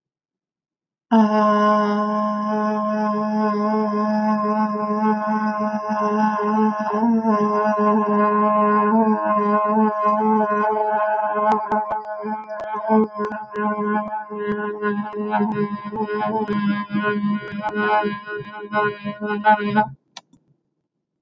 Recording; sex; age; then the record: vowel held as long as possible; female; 20 to 29 years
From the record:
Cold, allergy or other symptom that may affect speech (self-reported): no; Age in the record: 28 years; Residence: Pennsylvania, United States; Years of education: 16